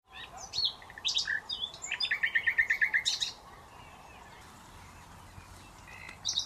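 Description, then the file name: Common nightingale song: varied chirps leading into a fast rattling trill of repeated notes, followed by quiet and a brief new phrase at the end. "Luscinia megarhynchos"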